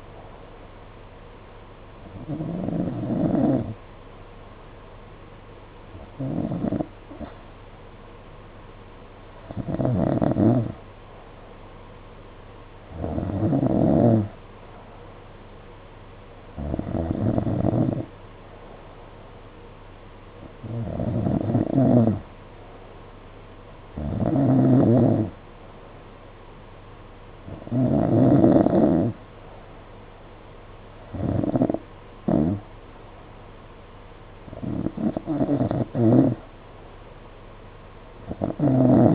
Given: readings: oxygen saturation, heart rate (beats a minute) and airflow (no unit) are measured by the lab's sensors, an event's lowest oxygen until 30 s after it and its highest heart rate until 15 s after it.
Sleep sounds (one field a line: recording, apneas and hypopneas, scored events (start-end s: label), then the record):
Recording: breathing in sleep by a voice recorder at the bedside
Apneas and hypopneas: none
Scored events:
none scored
From the record:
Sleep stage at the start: N2 (light sleep)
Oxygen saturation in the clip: 90 to 92%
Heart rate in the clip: 52 to 55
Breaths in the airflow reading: 10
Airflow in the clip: -4.4 to 3.4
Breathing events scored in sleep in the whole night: 476 in 9.7 hours asleep